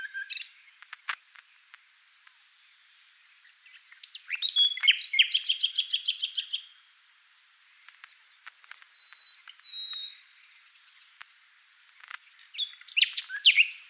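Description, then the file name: Common nightingale song: scattered sharp clicks, then a loud rapid trill of repeated notes, two pure whistled notes, and a final burst of varied chattering phrases. "Luscinia megarhynchos"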